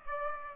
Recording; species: mosquito wingbeat signal from an infrared sensor; Aedes aegypti